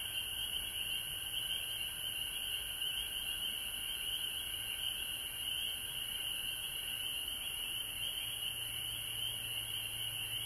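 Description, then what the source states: Frogs chorusing nonstop for about ten seconds, a constant high trilling band over a soft lower drone, background otherwise quiet. Recorded at home in Georgia on March 19, 2020.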